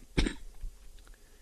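One short, sharp cough from an adult man, close to a throat clear, in a quiet room, caused by a pollen allergy.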